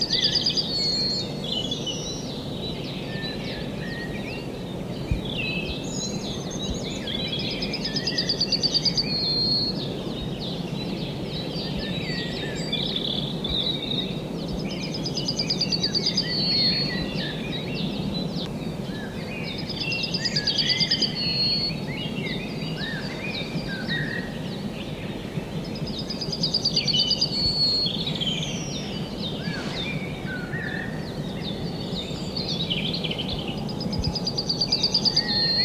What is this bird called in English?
Yellowhammer